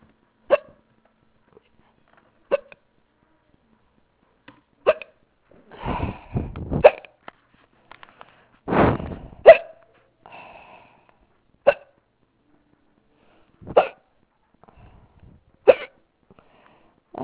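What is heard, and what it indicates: Sharp, abrupt gulping clicks recur very fast, about every 2 to 3 seconds, roughly nine in 17 seconds, with soft breathing noises between some of them. These are rapid, persistent hiccups in an adult, each a sudden involuntary catch of breath. They came on with no trigger and at times make it hard to talk.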